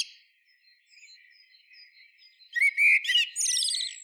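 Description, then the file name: Eurasian blackbird: faint soft twittering, then a loud whistled phrase breaking into a rapid, high, buzzy twittered ending. "Turdus merula"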